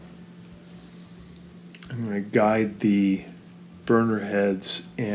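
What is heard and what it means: On a Kenmore stove, the metal cooktop plate is refitted and pushed down onto its retaining clips on the stove body, and it snaps into place with a sharp hit at 1.7 s. Quiet handling sounds come before it, and someone talks afterward. The plate is seated.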